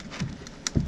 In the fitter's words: it seems like there it's popping okay